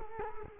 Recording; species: mosquito wingbeat signal from an infrared sensor; Culex quinquefasciatus